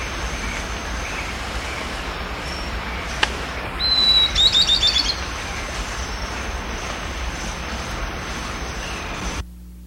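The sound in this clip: Bird song phrase near the middle: a long, thin high whistle, then a rapid jingling series of sweet notes, heard once against constant background hiss.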